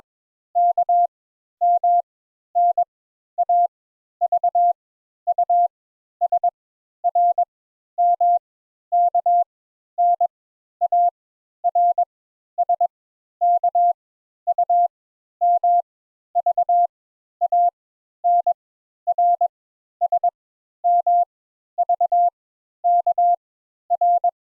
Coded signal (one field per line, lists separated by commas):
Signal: Morse code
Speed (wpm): 21 wpm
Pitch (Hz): 700 Hz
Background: none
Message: K M N A V U S R M K N A R S K U M V A N R S M V K R